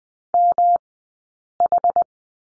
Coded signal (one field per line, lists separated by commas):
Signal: Morse code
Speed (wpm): 20 wpm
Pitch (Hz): 700 Hz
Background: none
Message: MH